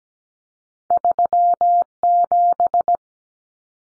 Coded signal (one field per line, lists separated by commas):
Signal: Morse code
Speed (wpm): 17 wpm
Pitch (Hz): 700 Hz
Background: none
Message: 37